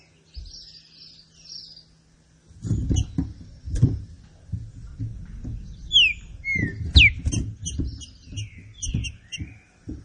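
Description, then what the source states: Green-winged saltator song: a few loud, slurred, downward whistles late over frequent low thumping knocks and rustling. Classic song style (canto clássico) of the green-winged saltator, presented as a training recording.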